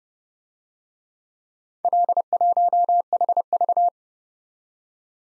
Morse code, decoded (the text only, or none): L1HV